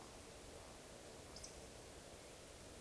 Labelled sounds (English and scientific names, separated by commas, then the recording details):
Eurasian Woodcock (Scolopax rusticola) whistle
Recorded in Baden-Württemberg, Germany, on 11 June 2020 at 20:10 UTC
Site 41501, 195 m above sea level